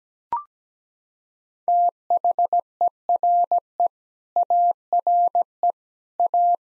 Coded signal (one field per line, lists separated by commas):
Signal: Morse code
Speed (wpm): 17 wpm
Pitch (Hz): 700 Hz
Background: none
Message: THERE ARE A